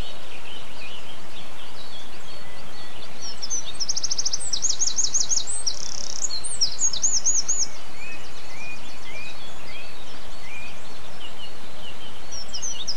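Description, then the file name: Bird song: a rapid burst of high, bright notes repeated in quick series midway, with fainter similar phrases around it over a steady hiss of background noise. Birdsong dated 11 04 07, recorded on an MZ-N710 device. "MZ-N 710 Chants d oiseaux 11 04 07"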